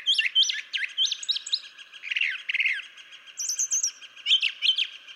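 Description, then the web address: Brown Thrasher song: a rapid run of sharp, varied whistled and chippy phrases, several given in quick doubled repeats, continuing throughout. "birdsongforthecurious Brown Thrasher"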